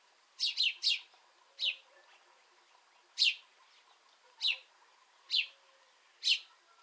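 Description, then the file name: House sparrow calls: a quick burst of three chirps, then single bright chirps spaced about a second apart over a faint steady background. "Passer domesticus"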